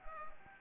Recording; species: mosquito wingbeat signal from an infrared sensor; Anopheles arabiensis